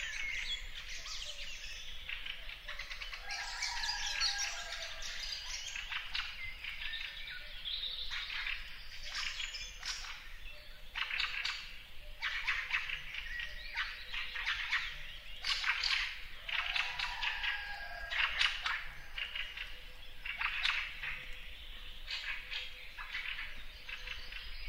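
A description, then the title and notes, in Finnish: A lakeside forest at an early summer dawn, filled with a dense, unbroken chorus of many birds singing at once. Bright chirps, trills and whistles overlap throughout, some loud, over a quiet low hush. Kuhankeittäjän rantakoivikko. Järven rantametsä herää alkukesän aamuun.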